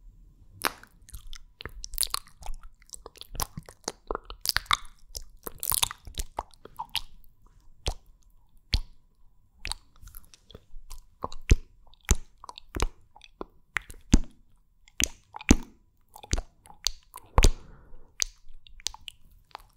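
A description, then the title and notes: Wet mouth sounds: quick clicks, smacks and crunchy chewing-like bursts arrive in irregular rapid clusters over a quiet background throughout. MOUTH SOUNDS and KISS SOUNDS ASMR.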